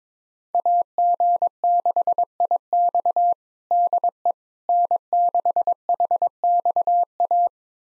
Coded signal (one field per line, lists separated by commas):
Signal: Morse code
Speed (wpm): 22 wpm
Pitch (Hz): 700 Hz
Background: none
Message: AG6IX DE N6HXA